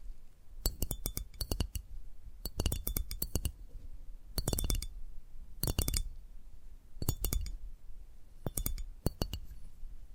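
Bright, glassy tapping comes in quick clusters of clinks, with a short pause between each burst. The taps are crisp, repeating in an irregular rhythm across the whole stretch, with a faint low hum underneath.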